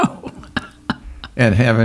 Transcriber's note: chuckling